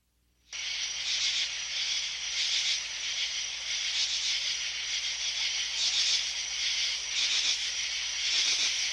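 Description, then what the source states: Crickets in a continuous shrill chorus that begins after a brief silence and holds steady throughout. Crickets chirping at night in a forest.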